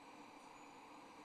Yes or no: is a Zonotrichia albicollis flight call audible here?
no